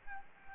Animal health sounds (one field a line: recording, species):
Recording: mosquito wingbeat signal from an infrared sensor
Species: Anopheles gambiae